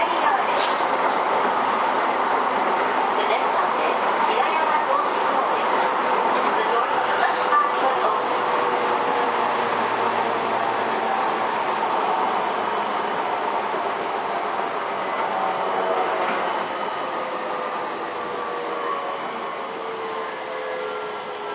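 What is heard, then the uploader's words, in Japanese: A Toei 10-300 series train runs along the Shinjuku–Takaosanguchi line with a steady, dense rumble and a hiss of wheels on track. Faint whining tones glide slowly through it, and quiet speech surfaces now and then. The sound eases slightly toward the end. 都営10-300形(3次車) 新線新宿〜高尾山口。車体JR東日本の常磐緩行線用E233系2000番台をベースに製作した。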